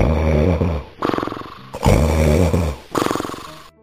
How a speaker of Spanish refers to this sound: Luego sus padres monstruos se irían a su habitación y dormirían con aquellos ronquidos de monstruo.